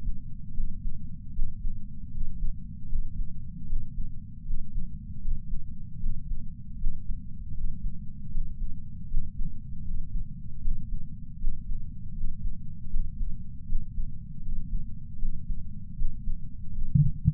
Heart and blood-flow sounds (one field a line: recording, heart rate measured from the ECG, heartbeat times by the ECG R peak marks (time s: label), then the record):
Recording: heart sounds by patch sensor on the chest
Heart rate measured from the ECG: 78 bpm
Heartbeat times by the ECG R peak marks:
0.54 s: heartbeat
1.33 s: heartbeat
2.11 s: heartbeat
2.89 s: heartbeat
3.67 s: heartbeat
4.45 s: heartbeat
5.21 s: heartbeat
6.00 s: heartbeat
6.78 s: heartbeat
7.54 s: heartbeat
8.31 s: heartbeat
9.08 s: heartbeat
9.84 s: heartbeat
10.62 s: heartbeat
11.38 s: heartbeat
12.14 s: heartbeat
12.90 s: heartbeat
13.66 s: heartbeat
14.42 s: heartbeat
15.19 s: heartbeat
15.96 s: heartbeat
16.72 s: heartbeat
From the record:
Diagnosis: coronary artery disease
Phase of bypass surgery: preoperative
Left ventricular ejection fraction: 66.3%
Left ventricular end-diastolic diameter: 44 mm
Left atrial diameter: 34 mm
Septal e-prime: 5.3 cm/s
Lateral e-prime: 9.3 cm/s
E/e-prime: 13.2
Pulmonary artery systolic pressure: 31 mmHg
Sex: male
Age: 76 years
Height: 164 cm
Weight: 75 kg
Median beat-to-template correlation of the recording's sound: 0.83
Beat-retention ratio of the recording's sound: 0.97